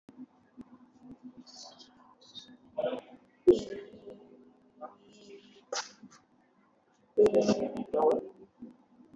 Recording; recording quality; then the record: sustained vowel as in beet; moderate, slight background noise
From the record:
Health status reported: exposed to COVID-19, no respiratory illness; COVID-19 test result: negative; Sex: female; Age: 45 years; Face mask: not worn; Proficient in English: yes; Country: India